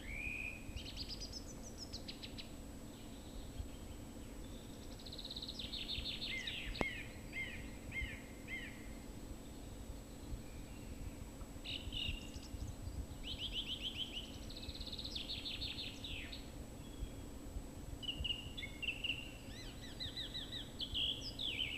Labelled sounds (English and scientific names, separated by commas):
Song Thrush (Turdus philomelos) song